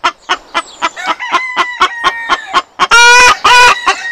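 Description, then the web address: Chicken clucks repeated about four times a second, a long crow running beneath them, then two loud harsh squawking calls near the end. "aso-bit 2018 chicken"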